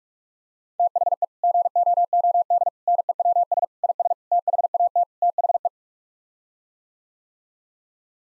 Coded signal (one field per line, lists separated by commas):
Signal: Morse code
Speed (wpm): 46 wpm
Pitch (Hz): 700 Hz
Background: none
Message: THE GOOD NEWS IS THAT THE